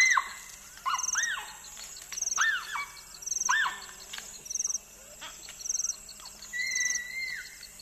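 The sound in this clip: Bonobo calls: a series of high arched yelps, then a longer level squeal near the end, with rhythmic insect pulses behind.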